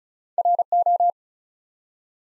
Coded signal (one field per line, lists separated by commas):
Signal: Morse code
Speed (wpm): 35 wpm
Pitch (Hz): 700 Hz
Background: none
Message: RO